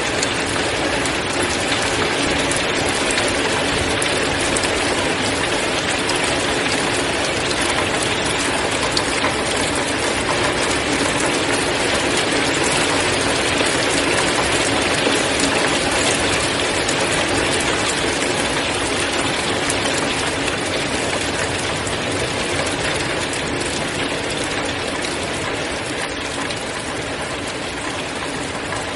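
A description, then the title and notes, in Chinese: Natural rainfall, a dense, steady hiss with fine crackling detail spread evenly through the whole clip. The level barely changes, with no distinct events standing out, and a soft low rumble sits underneath the bright patter. 自然下雨声：二月的雨。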